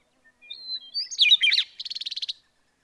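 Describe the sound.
Bird song: an opening thin whistle, a fast jumble of sharp chirps, then a short trill.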